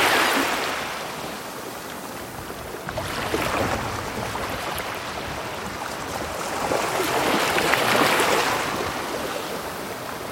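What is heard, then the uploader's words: Ocean waves wash in and recede in slow swells, with hissing surges building around the start, near three seconds, and again from about seven to nine seconds. Between surges a softer steady rush of water continues without pause, fairly close and full. The Most Relaxing Waves Ever -Ocean Sounds.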